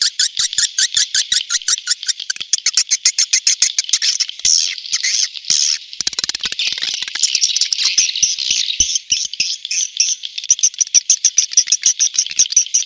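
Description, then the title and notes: Swiftlet chirping calls, a dense run of rapid high twittering pulses, evenly spaced at first, then blurring into a continuous shrill chatter before separating again. Sound used in swiftlet farming in Asia. "Swiflet Bird Sound. Farming Swiflet Bird asia sound"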